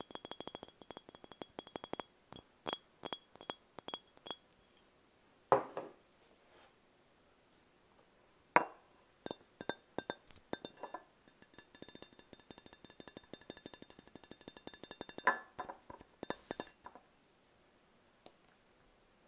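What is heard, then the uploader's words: Tapping, scratching and fluffing come in irregular bursts of sharp, bright clicks and clinks, with brief rustling swells near 6 and 9 seconds, fading out. Tapping, Scratching and Fluffing ASMR.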